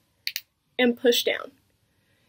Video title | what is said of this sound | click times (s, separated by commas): Classy Rebel Clip in Bettie Bang™ Deluxe Review/Tutorial | and you'll hear the click and they'll both closed and now they're securely in um | 0.3 s, 0.4 s